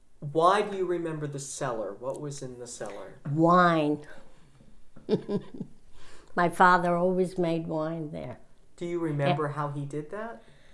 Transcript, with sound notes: Why do you remember the cellar? What was in the cellar? ( she laughs )
My father always made wine there.
Do you remember how he did that?